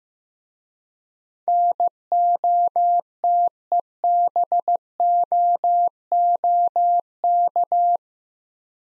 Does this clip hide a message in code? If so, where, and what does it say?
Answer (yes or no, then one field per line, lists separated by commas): yes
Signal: Morse code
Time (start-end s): 1.5-8.0 s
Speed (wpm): 15 wpm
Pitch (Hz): 700 Hz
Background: none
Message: NOTEBOOK